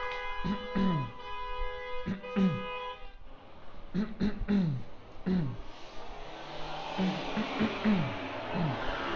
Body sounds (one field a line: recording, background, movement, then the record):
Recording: throat clearing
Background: traffic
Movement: walking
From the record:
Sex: male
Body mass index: 20.5 kg/m2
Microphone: on the chest, facing outward